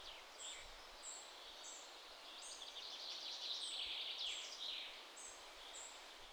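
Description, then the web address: Birds chirping outside: high thin notes repeated steadily, with a brief trill in the middle, over soft steady background noise. Birds outdoors in a European ambience, wide stereo field. "GDC 2017-Game Audio Bundle 3 maze - European Ambiances birds outside"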